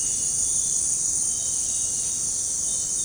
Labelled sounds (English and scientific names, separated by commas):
none